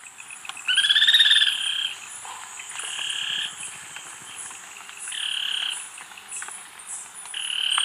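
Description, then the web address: Spillmann's tapaculo giving several buzzy churring phrases, the first loudest and highest, separated by short pauses, with faint background noise. Recorded in Ecuador. "Birds of Ecuador Spillmann's Tapaculo"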